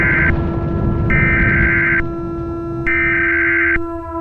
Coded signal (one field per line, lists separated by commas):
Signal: Emergency Alert System (SAME) tones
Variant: header bursts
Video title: EAS Scenario #42: Volcanic Havoc